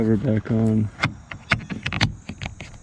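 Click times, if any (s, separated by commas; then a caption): none. Someone talks, then handles a small plastic trim cover near the rear door handle of a 2007 Honda Accord, pressing it back onto the interior rear door panel during reassembly after a rear window regulator replacement. Several sharp plastic taps and knocks are heard. The cover has not snapped into place yet.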